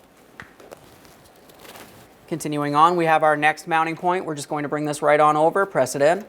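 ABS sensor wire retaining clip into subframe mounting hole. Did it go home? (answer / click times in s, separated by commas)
no / none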